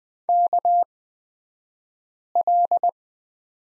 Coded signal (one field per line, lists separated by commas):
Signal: Morse code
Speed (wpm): 20 wpm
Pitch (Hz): 700 Hz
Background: none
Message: KL